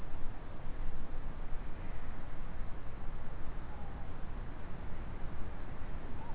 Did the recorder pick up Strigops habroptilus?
no